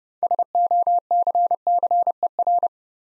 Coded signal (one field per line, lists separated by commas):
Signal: Morse code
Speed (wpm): 30 wpm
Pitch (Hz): 700 Hz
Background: none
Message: SOCCER